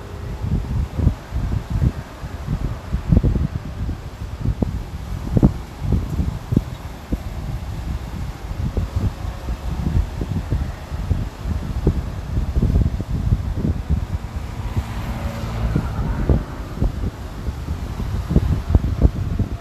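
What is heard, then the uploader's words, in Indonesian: Beach wind blows steadily, buffeting the microphone with deep, rumbling gusts that thump irregularly every second or so across the whole clip. A faint hiss sits above the rumble, briefly brightening around fifteen seconds as a stronger gust passes. Angin pantai. Sore ini suara pantai yang begitu kencang.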